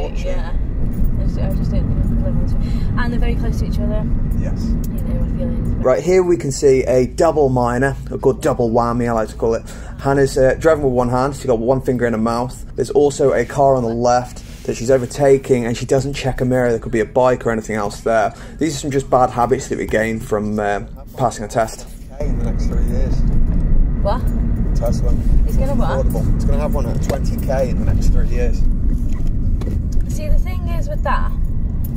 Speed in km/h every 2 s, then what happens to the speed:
45, 47, 47, 47, 45, 45, 45, 45, 45, 45, 47, 48, 48, 32, 24, 26.
0-24 steady at about 45. 24-29 brakes to 24.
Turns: none.